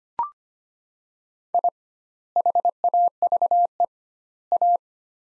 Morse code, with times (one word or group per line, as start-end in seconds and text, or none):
1.5-1.7 I
2.4-3.8 HAVE
4.5-4.8 A